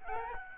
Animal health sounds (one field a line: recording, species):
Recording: mosquito wingbeat signal from an infrared sensor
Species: Aedes albopictus